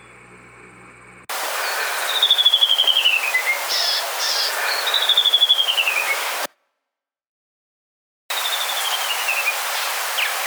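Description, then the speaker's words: Canyon wren song: clear whistled notes cascading downward in pitch in two descending series, then a gap of silence and a third series starting after it. Wren of canyons, cliffs, rocky outcrops and boulder piles in the Southwest; insect eater. "Grab your ID guide and find the canyon wren as we play their call."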